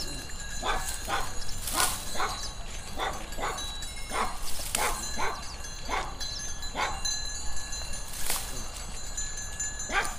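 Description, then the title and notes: Sheep chewing, a loose series of crunching strokes at uneven intervals across the whole stretch, with a few louder hissy bursts and steady high tones behind. Sheep ruminating in a green meadow; field recording at Caldas de São Paulo, Oliveira do Hospital. "ovelhas ruminando em prado verde. grvacao de campo num prado verde em caldas de sao paulo, oliveira do hospital"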